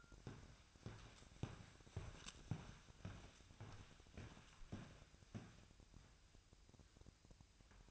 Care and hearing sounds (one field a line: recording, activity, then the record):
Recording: daily activity, microphone in the room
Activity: walk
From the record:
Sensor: 2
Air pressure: 1001.6 hPa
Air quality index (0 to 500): 227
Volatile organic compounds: 26 ppm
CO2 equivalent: 2851 ppm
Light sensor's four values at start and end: 9/29/11/11 and 9/29/11/11